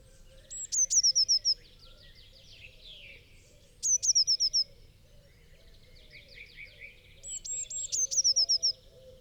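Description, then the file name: Eurasian blue tit song: high, thin introductory notes followed by a rapid trill that slides downward, three phrases spaced a few seconds apart, with a faint low hum underneath. "Cyanistes caeruleus"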